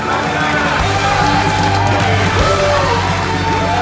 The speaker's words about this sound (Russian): Под всеобщими взглядами Поппи поднимает лопату над головой. Дэвид гордо аплодирует в ликующей толпе. Рядом с ним неохотно хлопает Джо.